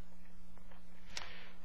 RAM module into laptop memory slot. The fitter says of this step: the ram is plugged in I've secured the ram I heard it pop in so